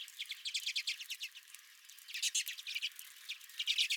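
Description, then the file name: Redpolls calling in quick rhythmic series of dry chit notes, a pause near the middle, then another busy chattering run. Several redpolls at the recordist's own feeder. "Redpolls at My Feeder"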